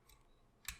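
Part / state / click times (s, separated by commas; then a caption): robot figure head into torso / seated / 0.7 s. A plastic Transformers War for Cybertron: Earthrise Hoist robot figure is being transformed, with its head spun around and up into the body. After a faint tick near 0.1 s, a sharp, bright click at 0.7 s marks the head locking into place in the torso.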